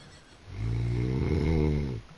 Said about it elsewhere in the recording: And I snore. Jamie recorded me because he said it's so loud.